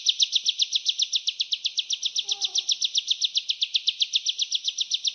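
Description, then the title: Hill Prinia giving a rapid, regular run of high, buzzy chirps, with a brief lower bird call partway through. "Suara ciblek gunung"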